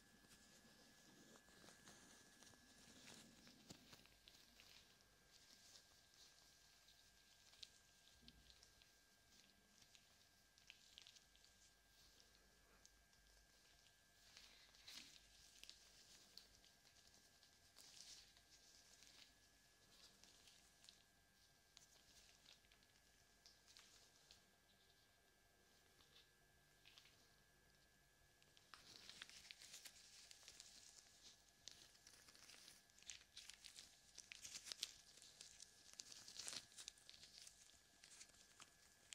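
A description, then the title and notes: Gloved hands cup and rub over the ears, making soft crinkling, patting and squishy sounds that come in uneven, dense bursts throughout. The rubbing swells brighter and busier around 29 to 37 seconds. A thin steady tone hums faintly underneath the whole time. ASMR Ear Cupping with Gloves.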